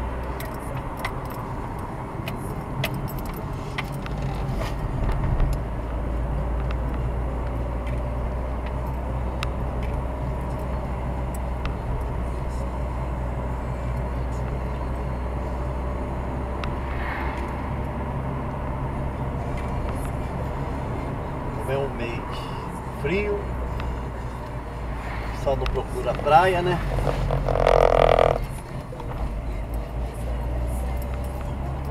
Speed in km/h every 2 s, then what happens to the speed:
39, 35, 39, 40, 41, 42, 40, 44, 45, 45, 43, 41, 27, 28, 27, 33.
0-18 speeds up to 45. 18-26 slows to 28. 28-32 speeds up to 33.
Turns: 0-6, 24-27.